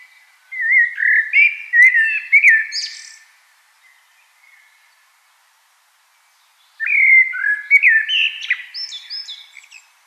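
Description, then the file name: Common blackbird song: two rich, warbled phrases around mid pitch, each ending in a squeaky high twitter, separated by a few seconds of quiet. "Turdus merula"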